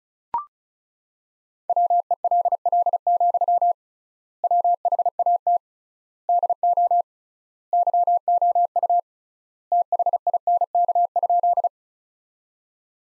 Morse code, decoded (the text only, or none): WELL, WHAT DO YOU THINK?